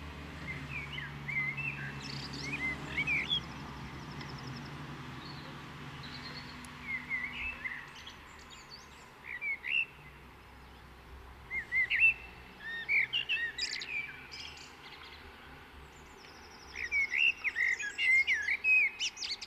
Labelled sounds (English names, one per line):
Common Blackbird song